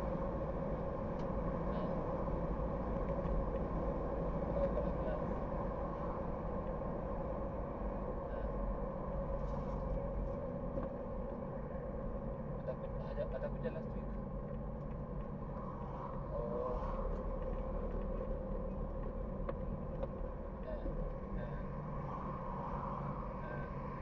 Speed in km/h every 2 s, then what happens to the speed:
67, 68, 67, 67, 64, 56, 47, 42, 39, 39, 40, 35.
0-6 steady at about 67. 6-15 slows to 39. 15-24 steady at about 39.